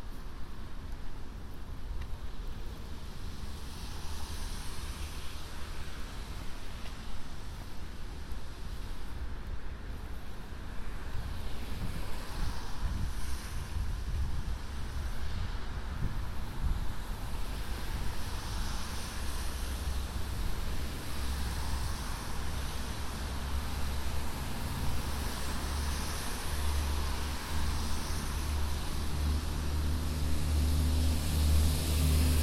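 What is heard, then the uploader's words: Walking along a rainy city street at night, steady low traffic rumble and gusty wind noise fill the scene, with cars swelling past now and then. A binaural field recording, walking up Broadway to the store and back. It was a rainy night, I had an umbrella, but there still is some wind noise in this recording.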